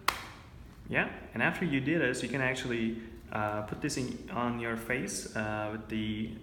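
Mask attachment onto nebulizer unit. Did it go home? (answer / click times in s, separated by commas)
yes / 0.1 s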